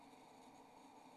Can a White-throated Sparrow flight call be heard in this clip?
no